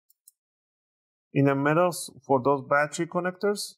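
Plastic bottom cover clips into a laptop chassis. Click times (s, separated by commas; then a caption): 0.1 s, 0.3 s. The plastic bottom cover of an HP Victus 16 d0507 laptop is pressed back onto the chassis by squeezing its corners, sides and back edge. Two short clicks at 0.1 and 0.28 seconds are its clips snapping into place, and the cover is seated. Then someone talks.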